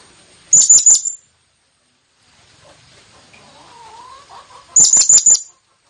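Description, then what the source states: Blue-crowned hanging parrot calls, two bursts of four or five very high, thin squeaky notes in quick succession, separated by a quiet gap with a faint sliding tone. Effective lure call to attract the bird.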